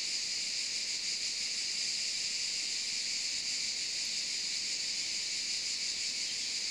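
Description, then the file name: Cicadas singing in a continuous, dense, high-pitched buzzing drone that holds steady throughout with no pauses or breaks. Several cicadas, recorded in the Maures, Var, France, on 3 July 2024 around 13:30. "rbi-des-maures-var-20240703-133000-cigales"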